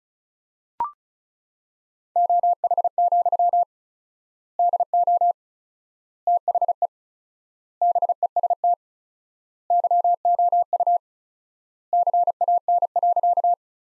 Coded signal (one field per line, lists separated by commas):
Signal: Morse code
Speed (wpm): 36 wpm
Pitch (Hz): 700 Hz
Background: none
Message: OH, DO THE BEST YOU CAN.